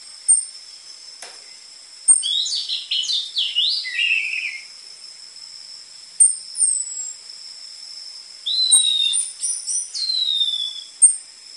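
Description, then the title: Orange-headed thrush song in two short bursts of rapid chattering notes separated by a long pause, with thin high whistles and a steady background tone. Lure recording of an energetic (gacor) orange-headed thrush with densely packed song material, for tutoring caged orange-headed thrushes of the trotol type. "PANCINGAN Anis Merah Gacor Materi Isian Rapat Cocok Untuk MASTERAN Anis Merah TROTOL"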